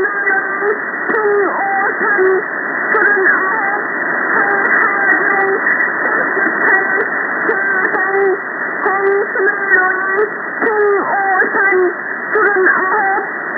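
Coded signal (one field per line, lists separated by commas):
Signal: numbers station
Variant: V28 "The Parrot"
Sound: distorted, squeaky voice speaking short phrases over narrowband shortwave hiss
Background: radio static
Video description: V28 North Korean Numbers Station aka "The Parrot" Frequency: 3277kHz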